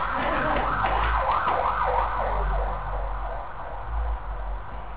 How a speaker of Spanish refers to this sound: Ahí viene la ambulancia y tiene que asistir a alguno de ustedes.